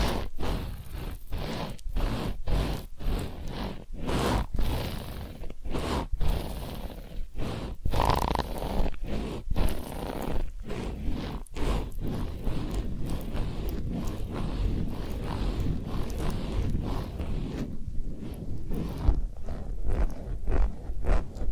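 Massage sounds: dense, steady rubbing and rustling with rhythmic patting in the first half, easing into continuous soft friction toward the end.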